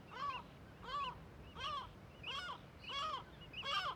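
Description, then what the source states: Gull alarm calls, loud harsh yelping notes repeated roughly every 0.7 seconds, six calls in a row, with a low rumble beneath. Gulls in a huge cliff cirque colony above Viðarlundin forest, Kunoy, Faroe Islands, on alert as the recordist keeps his distance; quadraphonic recording, MixPre6II with DPA 4021 and 4022 microphones.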